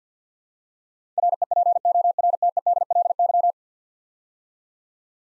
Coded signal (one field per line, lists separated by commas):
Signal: Morse code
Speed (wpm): 53 wpm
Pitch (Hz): 700 Hz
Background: none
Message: REPORTEDLY